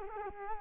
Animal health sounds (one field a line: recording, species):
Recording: mosquito wingbeat signal from an infrared sensor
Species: Culex quinquefasciatus